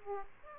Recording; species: mosquito wingbeat signal from an infrared sensor; Aedes aegypti